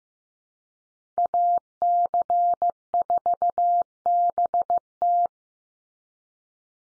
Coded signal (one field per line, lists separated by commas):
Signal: Morse code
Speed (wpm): 15 wpm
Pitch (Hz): 700 Hz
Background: none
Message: AC4BT